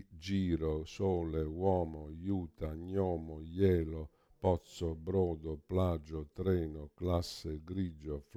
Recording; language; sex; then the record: read list of words; Italian; male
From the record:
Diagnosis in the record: Parkinson's disease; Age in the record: 65 years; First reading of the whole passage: 52 s, 9.9 characters per second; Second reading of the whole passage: 50 s, 10.3 characters per second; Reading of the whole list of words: 40 s, 7.0 characters per second